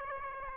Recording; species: mosquito wingbeat signal from an infrared sensor; Aedes aegypti